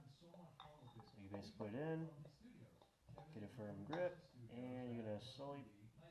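A new oil filter cartridge is being handled and pressed into the plastic filter housing cap of a Grand Cherokee EcoDiesel during an oil change, while someone talks. Brief handling knocks are heard around 0.6 s, 1.0 s and 3.2 s. The cartridge has not seated or clicked into the cap yet.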